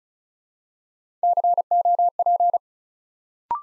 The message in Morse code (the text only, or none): COP